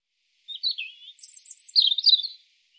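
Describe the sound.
European robin song: a liquid descending run, then a very thin high note and a rapid twittering flourish, in a quiet background.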